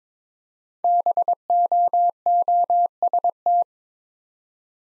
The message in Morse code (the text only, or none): BOOST